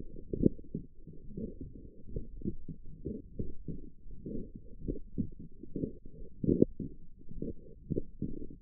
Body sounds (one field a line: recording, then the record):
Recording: forearm muscle sounds (acoustic myography)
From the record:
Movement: forearm supination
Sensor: system 1, eight BSWA MPA416 microphones around the upper forearm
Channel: 7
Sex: male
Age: 21 years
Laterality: right